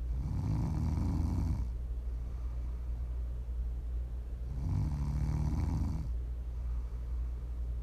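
Two deep, rattling snores from a sleeping adult, each about a second and a half long, come roughly four and a half seconds apart, about 13 breaths a minute. Quiet breathing fills the gaps over a steady low hum. This is ordinary rhythmic snoring during sleep, offered as ASMR snoring.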